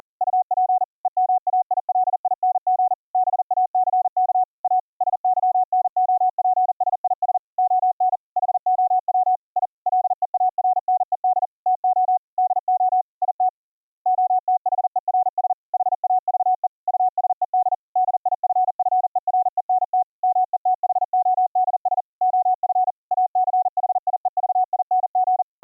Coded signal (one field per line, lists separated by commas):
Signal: Morse code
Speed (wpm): 40 wpm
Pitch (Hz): 740 Hz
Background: none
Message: UP EMAILING BACK A SYNOPSIS ON HOW I LEARNED TO DO IT OTHERS HAVE USED DIFFERENT METHODS OF ACHIEVING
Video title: Virtual audio cables for Morse Code audio routing - dropped audio buffers - fix it with Gstreamer